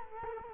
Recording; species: mosquito wingbeat signal from an infrared sensor; Culex quinquefasciatus